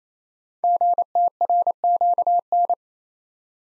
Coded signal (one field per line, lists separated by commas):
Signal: Morse code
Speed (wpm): 28 wpm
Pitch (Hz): 700 Hz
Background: none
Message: GTRQN